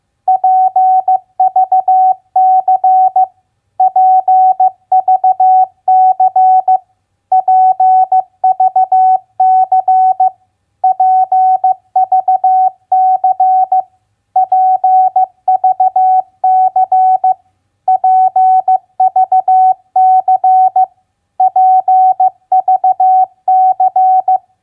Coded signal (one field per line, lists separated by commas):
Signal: Morse code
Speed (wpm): 15 wpm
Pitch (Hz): 750 Hz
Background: none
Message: PVC PVC PVC PVC PVC PVC PVC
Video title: Morse Code Practice Word Recognition WR8a BUY-CUT-PVC 15wpm